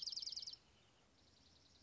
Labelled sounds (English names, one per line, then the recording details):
Dark-eyed Junco
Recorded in Sonoma County, California